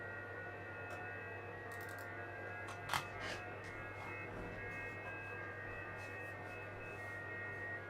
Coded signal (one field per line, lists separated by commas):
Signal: FT8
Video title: FT8 during a solar storm